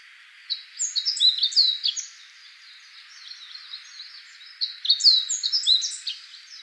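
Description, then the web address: Meadow bunting singing two brisk jumbled phrases of bright, high chirps and trills, separated by about two and a half seconds of quiet with faint background hiss. Recorded 15 April 2014. "birdenaga hojiro"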